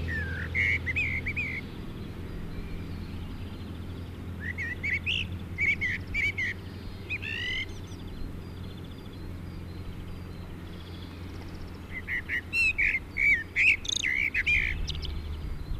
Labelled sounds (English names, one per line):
Common Blackbird song